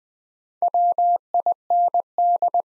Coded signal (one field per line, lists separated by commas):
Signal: Morse code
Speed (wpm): 20 wpm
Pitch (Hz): 700 Hz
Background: none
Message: WIND